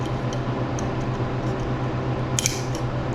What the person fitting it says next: and there it went I hope you heard that snap into place